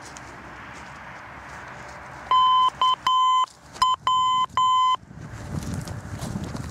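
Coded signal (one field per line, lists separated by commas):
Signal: Morse code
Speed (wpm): 9 wpm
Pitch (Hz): 1020 Hz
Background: none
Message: KW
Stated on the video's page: Non-directional beacon near Klagenfurt airport, transmitting on 313 kHz.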